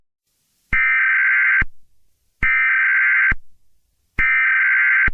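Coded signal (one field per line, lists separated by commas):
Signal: Emergency Alert System (SAME) tones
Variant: header bursts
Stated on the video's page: Fictional EAS scenario based on a historic cold-front event, not a real alert.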